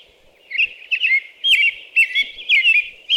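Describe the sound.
American robin carolling: a steady stream of short, bright warbled phrases, roughly two per second, each with a few slurred notes, above a faint background hum.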